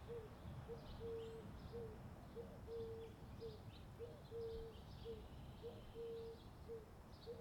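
Bird calls: low hooting notes, short and longer ones in a repeating pattern, with faint high chirps in the background.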